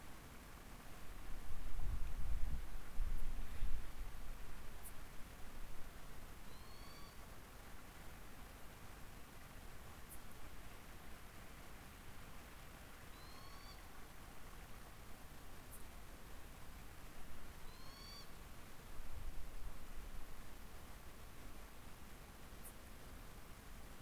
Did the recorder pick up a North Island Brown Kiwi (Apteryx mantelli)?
no